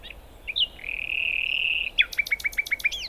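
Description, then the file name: Common nightingale holding a long steady whistled note for over a second, then breaking into a run of sharp, rhythmically repeated chirps. "Luscinia megarhynchos"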